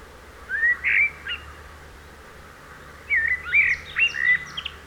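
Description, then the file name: Eurasian blackbird song: a fluty whistled phrase, then after a pause a longer one ending in high squeaky notes, over low hum. "Turdus merula"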